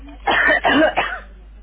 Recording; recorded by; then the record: voluntary cough; telephone call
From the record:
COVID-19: negative